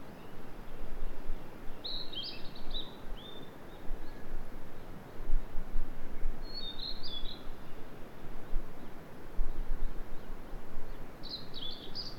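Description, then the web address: Bird song in three short, twittering, high warbled bursts spaced several seconds apart, over a steady low rumble of background noise. "yacho koe"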